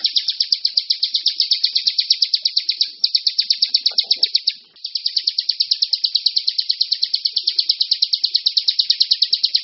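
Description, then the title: Bar-winged prinia producing a long, nearly unbroken high trill of quickly repeated chirps. The trill dips briefly twice near the middle, then continues evenly. "Suara Burung Ciblek"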